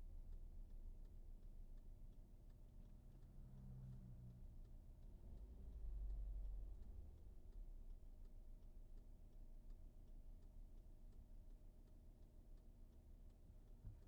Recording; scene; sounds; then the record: everyday scene through a hearing-aid microphone; in a vehicle; engine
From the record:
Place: VW T5 Caravelle, diesel engine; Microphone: behind the ear, right, front